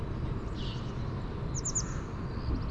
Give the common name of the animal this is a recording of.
Eurasian Blue Tit